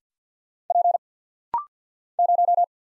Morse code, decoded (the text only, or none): P 0